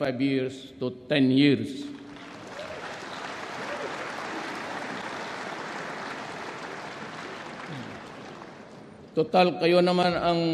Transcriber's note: applause